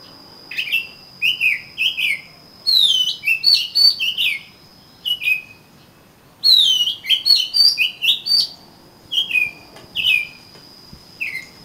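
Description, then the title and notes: Oriental magpie-robin song, two long bursts of varied whistled and chattering notes, then single slurred whistles, with a constant faint high tone. "suara kacer. kumpulan suara burung kacer"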